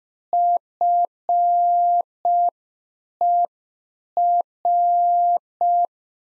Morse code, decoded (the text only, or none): FER